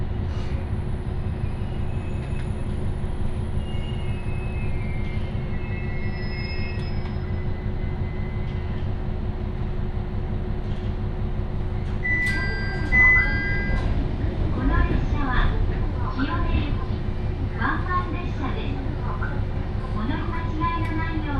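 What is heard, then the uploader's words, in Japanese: An Ibara Railway train ride, with a steady, dense low rumble and a constant hum running throughout. From about twelve seconds, brighter wavering tones and voice-like sounds rise over the rumble and continue, on and off, to the end. 井原鉄道 道上→神辺→備中呉妹。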